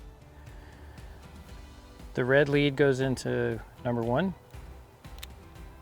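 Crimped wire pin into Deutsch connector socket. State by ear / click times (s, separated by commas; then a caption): seated / 5.2 s. Someone talks while the red power lead's crimped terminal pin is pushed into socket number one of the power-side Deutsch connector of a Lenco Pro Control Auto SD Pro actuator. A sharp, brief click sounds at 5.2 s as the pin seats in the socket.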